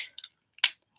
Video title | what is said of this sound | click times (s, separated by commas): first live stream | you'll hear a clicking sound so | 0.6 s